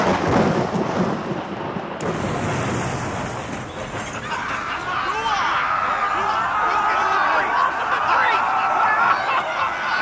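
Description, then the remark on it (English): A sharp lightning crack bursts out about two seconds in, followed by loud, sustained rumbling thunder that rolls on steadily with indistinct voices murmuring beneath the storm. “Wonder Woman, the lightning! It's going to hit...”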